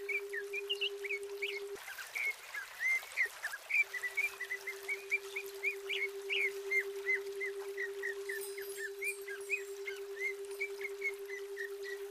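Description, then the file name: Greater green leafbird: a long series of short, slurred whistled notes; a steady low hum drops out briefly, then returns. Female bird; used as nature therapy. "terapi alam cucak ijo betina"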